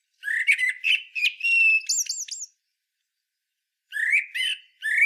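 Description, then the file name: Common blackbird song: a rich, rapid warble that rises into a run of high, squeaky whistled notes. After a short silence, another low fluty phrase begins. "Turdus merula"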